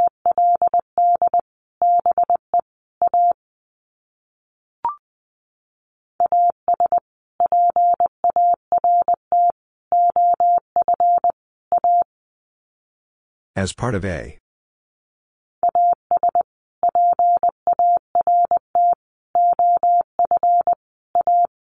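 Morse code beeps in a single steady mid-pitched tone, keyed in short dots and longer dashes grouped into words with clear gaps between them. A brief click sounds near five seconds, and a short burst of hiss interrupts the silence around fourteen seconds.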